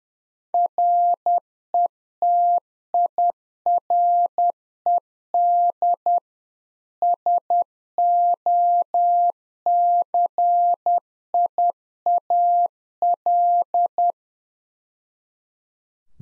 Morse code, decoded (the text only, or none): RETIRED SOCIAL